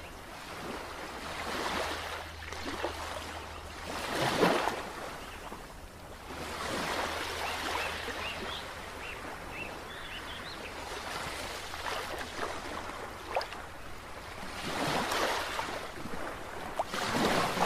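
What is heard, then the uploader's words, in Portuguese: Sound of the sea, with waves washing in irregular surges that swell around four seconds and again near fifteen and seventeen seconds. A steady low hum runs underneath most of the clip, like an idling boat engine, with faint splashing and scattered brighter trickles between surges. Som do Mar.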